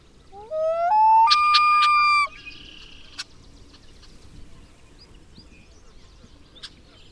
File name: Common Loon - Gavia immer